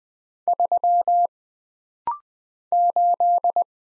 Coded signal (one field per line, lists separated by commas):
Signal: Morse code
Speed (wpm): 20 wpm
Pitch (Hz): 700 Hz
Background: none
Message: 3 8